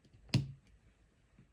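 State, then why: Seated. A microSD memory card, pins facing up, is pushed into the card slot of a GoPro Hero 11 action camera until it latches. A single sharp click is heard at 0.3 s, with a short low-frequency thump trailing it, and then quiet handling noise. The card is seated.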